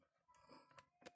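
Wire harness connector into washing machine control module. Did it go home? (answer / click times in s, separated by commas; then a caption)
yes / 0.8 s. A wire harness connector is pushed into the replacement control module of a Samsung WA90F4 washing machine during a repair. A sharp plastic click at 0.8 s shows the connector seating in the module, and a second brief snap follows near the end.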